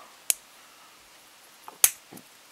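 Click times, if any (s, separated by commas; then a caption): 0.3 s, 1.8 s. Small plastic arms on a PLUM R-Type Final R-9A Arrowhead model kit are pressed into their sockets in the kit body. Sharp, bright snaps are heard at 0.3 s and 1.8 s, with fainter ticks of handling around them. The arms seat firmly, snapping into place very well with no problem.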